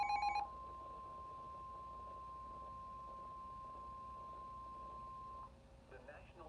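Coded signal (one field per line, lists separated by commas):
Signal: Emergency Alert System (SAME) tones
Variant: 1050 Hz attention tone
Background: speech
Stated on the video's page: Alerts received from NOAA Weather Radio stations and numerous FM and AM broadcast stations; some recordings are end-of-message tones only.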